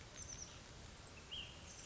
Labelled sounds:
Ash-throated Flycatcher
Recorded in Sonoma County, California

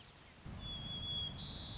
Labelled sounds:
White-crowned Sparrow
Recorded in Sonoma County, California

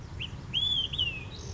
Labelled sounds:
Olive-sided Flycatcher
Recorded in Sonoma County, California

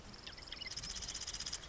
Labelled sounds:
Marsh Wren
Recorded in Sonoma County, California

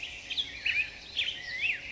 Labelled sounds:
Black-headed Grosbeak
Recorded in Sonoma County, California

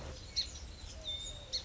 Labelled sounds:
Song Sparrow
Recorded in Sonoma County, California

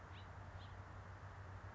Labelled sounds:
House Finch
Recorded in Sonoma County, California

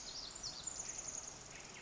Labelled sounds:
Pacific Wren
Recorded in Sonoma County, California

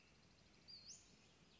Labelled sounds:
Western Flycatcher
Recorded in Sonoma County, California

